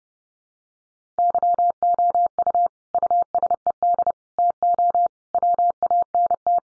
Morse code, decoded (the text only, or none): YOU USED TO WANT